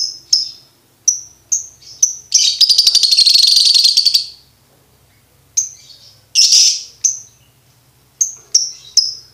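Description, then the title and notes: Lovebird song: sharp high chirps give way to a long, fast rattling trill of nearly two seconds, then more chirps and a short harsh burst. For birds to learn the ngekek song style. "MASTERAN BURUNG. Belajar Ngekek. lofbet"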